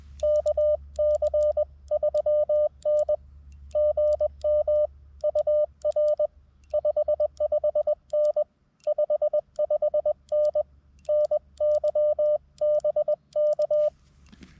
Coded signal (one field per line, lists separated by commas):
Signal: Morse code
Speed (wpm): 20 wpm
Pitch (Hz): 600 Hz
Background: none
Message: KC3N GM UR 55N 55N NY BK